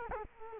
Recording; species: mosquito wingbeat signal from an infrared sensor; Culex quinquefasciatus